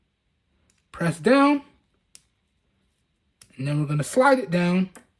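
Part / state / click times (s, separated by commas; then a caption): watch band connector into smartwatch case slot / not seated / none. A nylon BXUXOHS rugged band's connector is lined up over the release button on a Google Pixel Watch case, pressed down and slid along the groove as someone talks. Faint short ticks are heard between the speech. Nothing has seated or clicked yet; the band has not locked into the watch case.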